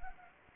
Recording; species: mosquito wingbeat signal from an infrared sensor; Anopheles gambiae